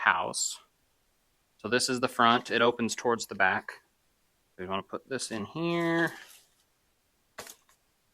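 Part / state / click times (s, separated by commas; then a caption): roof frame piece into cat shelter frame / seated / 7.4 s. Someone talks while fitting the slanted roof frame piece of a heated, weatherproof, insulated fabric-and-metal-frame Pecute outdoor cat shelter into the house frame. A sharp snap at 7.4 s is followed by two smaller clicks, and the roof frame pops into place.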